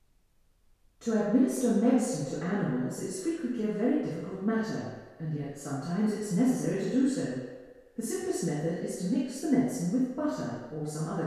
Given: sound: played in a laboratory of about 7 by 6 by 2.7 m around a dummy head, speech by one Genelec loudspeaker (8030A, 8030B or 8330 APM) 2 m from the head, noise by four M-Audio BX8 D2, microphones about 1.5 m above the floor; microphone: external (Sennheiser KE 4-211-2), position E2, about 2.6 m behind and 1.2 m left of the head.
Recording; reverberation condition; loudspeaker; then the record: female speech in English; high; 150 degrees to the left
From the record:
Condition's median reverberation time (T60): about 1300 ms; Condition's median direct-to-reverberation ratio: about -4.0 dB